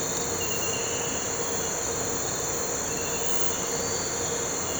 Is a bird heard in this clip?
no